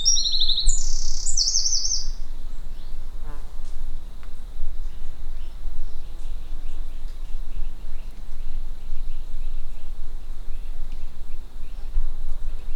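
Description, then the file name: Eurasian wren, a quick high-pitched burst of rapid notes in the opening second and a half, then quiet over a constant deep rumble of background noise. "Troglodytes troglodytes"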